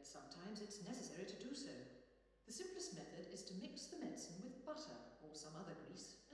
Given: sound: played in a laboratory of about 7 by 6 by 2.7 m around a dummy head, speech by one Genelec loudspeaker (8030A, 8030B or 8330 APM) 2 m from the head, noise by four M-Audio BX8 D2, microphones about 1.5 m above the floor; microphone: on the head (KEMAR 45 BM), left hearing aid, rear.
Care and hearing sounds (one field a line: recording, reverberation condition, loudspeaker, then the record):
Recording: female speech in English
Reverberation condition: high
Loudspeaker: 150 degrees to the left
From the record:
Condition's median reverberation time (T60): about 1300 ms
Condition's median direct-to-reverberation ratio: about -4.0 dB